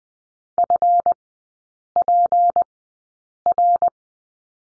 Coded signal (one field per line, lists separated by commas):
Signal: Morse code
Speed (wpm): 20 wpm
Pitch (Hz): 700 Hz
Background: none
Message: FPR